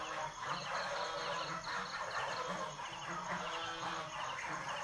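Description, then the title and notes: Goose: geese giving loud, crowded honks, layered over one another. Several geese, Sa Pa, Vietnam, 7 pm, 2019. "Oies - Sa Pa - 19h. Vietnam 2019"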